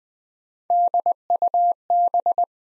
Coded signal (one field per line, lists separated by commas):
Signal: Morse code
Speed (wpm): 20 wpm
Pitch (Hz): 700 Hz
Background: none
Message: DUB